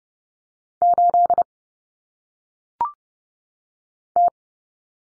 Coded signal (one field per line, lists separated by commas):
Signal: Morse code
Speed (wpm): 30 wpm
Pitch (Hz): 700 Hz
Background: none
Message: 8 T